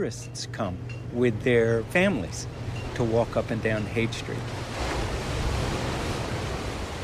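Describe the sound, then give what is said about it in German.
A man speaks for several seconds, then his voice drops away and steady, glaring ocean surf on a sandy beach at Big Sur, three hours' drive south of San Francisco, takes over, a broad rushing hiss that swells and holds to the end. “Ich blinzle in die gleißende Brandung an einem Sandstrand von Big Sur, 3 Autostunden südlich von San Francisco.”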